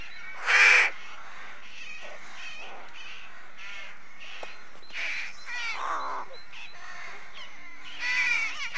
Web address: The BBC Sound Effects Library - Complete 60 CDs Collection Sound Effects Library (British Birds) Rookery